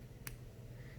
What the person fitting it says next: do you hear that click